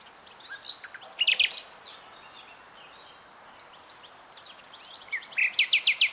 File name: Luscinia megarhynchos